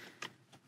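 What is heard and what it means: A blue male wiring plug is lined up and pushed into its mating car harness connector behind the dash trim of a Tesla Model 3/Y while an integrated instrument cluster display is installed. A sharp click at 0.2 s marks the plug seating, followed by two softer ticks around 0.5 s and 0.7 s. The plug is seated.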